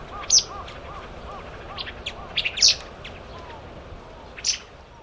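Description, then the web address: Pale thrush sharp high call notes, a few loud ones among softer ticks, while another bird repeats soft, low arched notes in a steady series. Taiwan. "白腹鶇"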